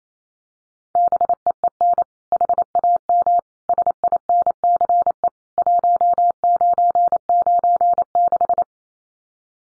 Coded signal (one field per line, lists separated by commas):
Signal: Morse code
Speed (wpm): 28 wpm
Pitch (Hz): 700 Hz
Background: none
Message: BEEN HAM SINCE 1996